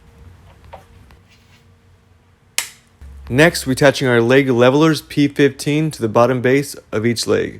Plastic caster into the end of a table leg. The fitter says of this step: go ahead and insert your plastic caster you should hear it snap into place